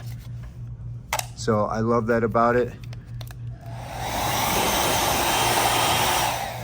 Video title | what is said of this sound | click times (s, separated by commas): Vagary Hair Dryer | um it just snaps right into place how cool of a design is that boom done | 1.1 s